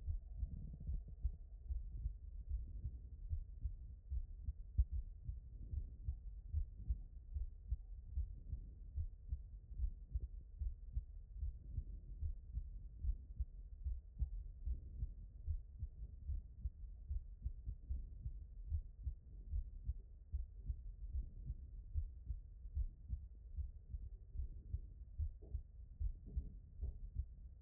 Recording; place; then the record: heart sounds by stethoscope; pulmonary valve (PV)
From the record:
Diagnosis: non-HFrEF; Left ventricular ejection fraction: 69%